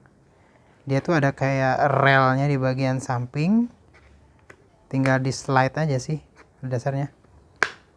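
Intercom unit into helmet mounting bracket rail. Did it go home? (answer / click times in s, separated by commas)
yes / 7.6 s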